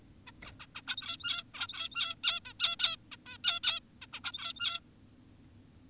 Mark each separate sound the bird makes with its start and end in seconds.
0.27-0.32, 0.46-0.52, 0.60-0.66, 0.75-0.82, 0.88-1.43, 1.54-2.16, 2.24-2.40, 2.45-2.54, 2.60-2.76, 2.80-2.96, 3.12-3.17, 3.26-3.38, 3.44-3.60, 3.64-3.80, 4.02-4.06, 4.13-4.20, 4.24-4.80